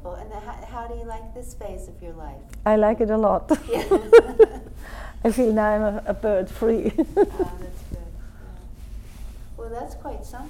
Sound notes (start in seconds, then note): 3.6 laughs; 6.7 laughs